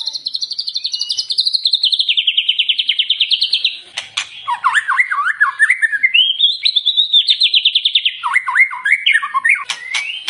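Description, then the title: White-rumped shama singing, long fast trills sliding downward, then a run of varied whistled upslurs and rapid chattering phrases, loud and clear. Lure recording used to make the bird sing in response. "PANCINGAN MURAI BATU GACOR"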